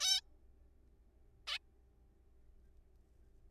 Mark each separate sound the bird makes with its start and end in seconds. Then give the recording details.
0.01-0.21, 1.47-1.58. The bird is a juvenile. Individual R3428